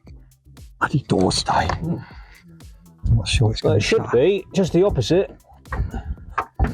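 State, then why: Seated. A door stay is turned the right way round and pushed home while a replacement door is refitted on a damaged Kia Soul. People talk over faint music, and at 6.4 s the part seats with a sharp click that is judged to sound good.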